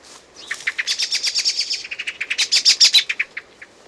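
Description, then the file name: Common blackbird giving a rapid chattering series of sharp chirps that builds in loudness, then fades with a few spaced notes at the end. "Turdus merula"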